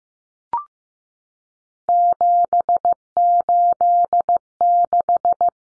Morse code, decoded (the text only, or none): 786